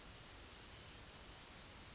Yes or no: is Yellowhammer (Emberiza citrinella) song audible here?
no